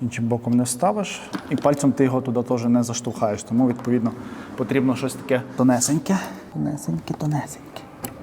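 Someone talks while a memory card is pushed into the card slot of a Voge DS800X Rally motorcycle using a thin object, because it cannot be pushed in by finger. The clip ends before the card goes home; nothing has clicked or seated yet.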